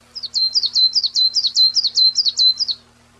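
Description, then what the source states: Common chiffchaff song: a steady run of about a dozen alternating high notes, chiff-chaff repeated quickly for nearly three seconds, then quiet. Recorded 15 June 1993.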